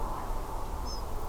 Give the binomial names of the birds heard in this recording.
Muscicapa striata